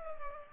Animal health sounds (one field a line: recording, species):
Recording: mosquito wingbeat signal from an infrared sensor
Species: Culex pipiens